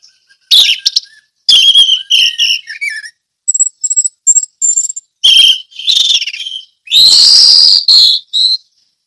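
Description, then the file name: Orange-headed thrush song: separate high whistled notes and trills, some pure and steady, ending in a loud, harsh, ringing burst. Ngeplong song style. "anis merah ngeplong"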